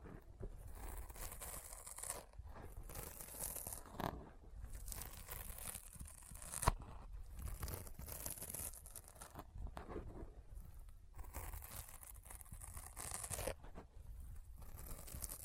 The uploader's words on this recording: ASMR Intense Sticky Finger Sounds (No Talking).